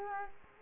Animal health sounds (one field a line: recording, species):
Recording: mosquito wingbeat signal from an infrared sensor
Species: Culex quinquefasciatus